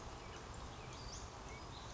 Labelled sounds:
Western Flycatcher

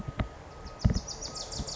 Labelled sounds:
Wilson's Warbler

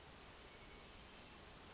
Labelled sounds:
Brown Creeper

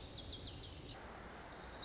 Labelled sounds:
Lazuli Bunting

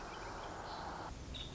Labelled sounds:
Nuttall's Woodpecker

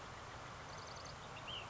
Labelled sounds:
Ash-throated Flycatcher

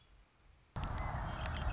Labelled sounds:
Red-winged Blackbird

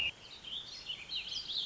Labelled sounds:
Warbling Vireo

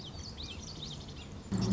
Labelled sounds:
Common Yellowthroat

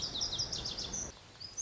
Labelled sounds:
Lazuli Bunting

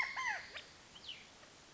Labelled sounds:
Cassin's Vireo

